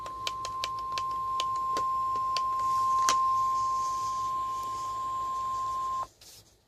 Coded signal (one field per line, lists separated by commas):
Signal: Emergency Alert System (SAME) tones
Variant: 1050 Hz attention tone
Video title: TV EAS 21 and Radio EAS 13 - TOA 3